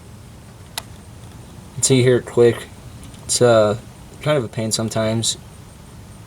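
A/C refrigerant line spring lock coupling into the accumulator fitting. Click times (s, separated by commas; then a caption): 0.8 s. An A/C refrigerant line with an oiled O-ring is slid into the accumulator fitting, and its spring lock coupling snaps together with a single sharp click at 0.8 s, seating the line. Someone then talks over a steady low background hum.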